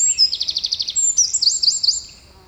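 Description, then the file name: Eurasian wren song, a loud, very high, fast trill of repeated notes, then a few sharp whistled notes, stopping after about two seconds. "Troglodytes troglodytes"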